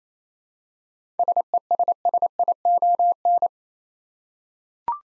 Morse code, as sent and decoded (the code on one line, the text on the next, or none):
... . ... ... .. --- -.
SESSION